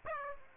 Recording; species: mosquito wingbeat signal from an infrared sensor; Aedes aegypti